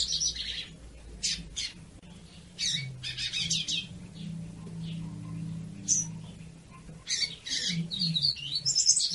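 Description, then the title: Yellow-bellied seedeater singing in quick high twittering bursts, some with sharp trilled notes, over a steady low humming background. Female song played to excite or stimulate males. "Canto de Papa Capim. CANTO DE FÊMEA PARA ESQUENTAR PAPA CAPIM"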